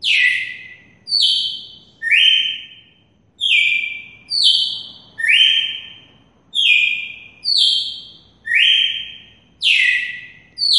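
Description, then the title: Red-cowled cardinal singing a steady run of clear whistled phrases, alternating higher and lower flat tones, each opened by a quick descending flick, roughly one per second. Female bird from Mossoró, singing. "Canto Galo Campina Fêmea. Galo de campina MOSSORÓ"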